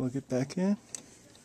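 A flat ribbon cable is being handled for plugging back into its circuit board connector inside a Samsung CLP-315W laser printer during a fuser and board repair for a system error. Someone talks through most of the clip, followed by a few faint handling ticks. Nothing has seated or clicked yet.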